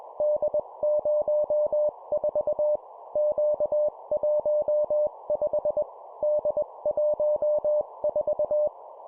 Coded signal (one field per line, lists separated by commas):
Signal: Morse code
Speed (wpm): 21 wpm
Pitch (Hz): 600 Hz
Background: none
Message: D04 Q15 D14